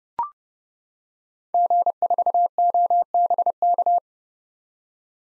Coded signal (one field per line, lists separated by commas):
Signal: Morse code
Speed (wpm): 31 wpm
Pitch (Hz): 700 Hz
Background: none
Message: G4OBK